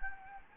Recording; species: mosquito wingbeat signal from an infrared sensor; Anopheles gambiae